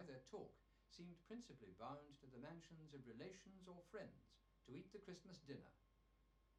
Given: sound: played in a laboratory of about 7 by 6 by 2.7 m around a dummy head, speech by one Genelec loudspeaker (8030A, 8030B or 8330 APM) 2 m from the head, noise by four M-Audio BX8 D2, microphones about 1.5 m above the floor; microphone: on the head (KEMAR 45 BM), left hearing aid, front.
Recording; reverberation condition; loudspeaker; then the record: male speech in English; low; behind (180 degrees)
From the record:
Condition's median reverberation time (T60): about 310 ms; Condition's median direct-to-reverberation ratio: about 3.5 dB